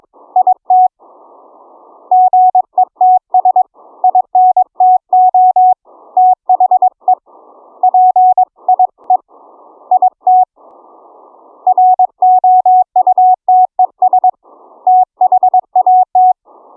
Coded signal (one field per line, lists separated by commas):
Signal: Morse code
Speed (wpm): 22 wpm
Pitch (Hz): 740 Hz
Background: none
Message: IT GETS INTO THE PIE IT ROUTES THAT